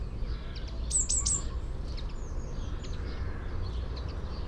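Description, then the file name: Eurasian blue tit calls: three high, thin notes in quick succession near the start, followed by fainter high chips, over a constant low rumbling background noise. "Cyanistes caeruleus"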